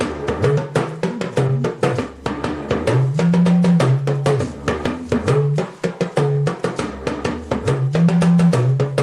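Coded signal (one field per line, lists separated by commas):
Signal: talking drum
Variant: Yoruba dùndún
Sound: rapid drum strokes whose low pitch rises and falls like speech tones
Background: other percussion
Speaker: that is to say cabo shi da [Music] welcome everybody we have been expecting every single uh one of you and then did you arrive safely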